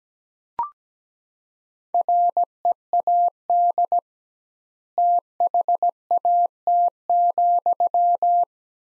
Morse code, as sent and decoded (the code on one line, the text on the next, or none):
.-. . .- -.. / - .... .- - --..--
READ THAT,